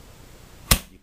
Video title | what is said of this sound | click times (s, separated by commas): New Custom Thy Rig Design by: AC - | you can hear it click in I mean it clicks in hard it is not going anywhere | 0.7 s